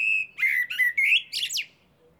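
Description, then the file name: Common blackbird song: a steady fluted whistle followed by several mellow warbled notes, ending in a shrill, scratchy squeaking flourish. "Turdus merula"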